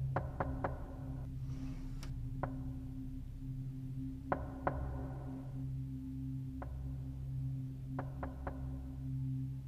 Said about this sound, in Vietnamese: Đang định cởi đồ thì bên ngoài có tiếng gõ cửa. Đúng là tiếng gõ cửa. Tôi cau mày. Là nó. Tôi im lặng để lắng nghe. Là tiếng gõ cửa nhà tôi.